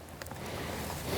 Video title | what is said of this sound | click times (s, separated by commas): Vorn Equipment Demonstration jason and steve | I wanted to show you guys uh when you put your gun in how this works you just snap right in | 0.2 s